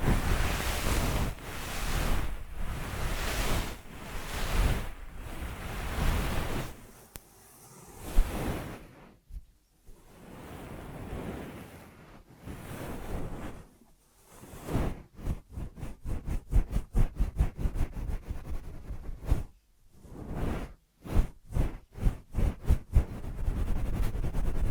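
Ear massage triggers: soft rushing rubs swell and fade about once a second, then turn into quick, regular brushing strokes after a brief pause.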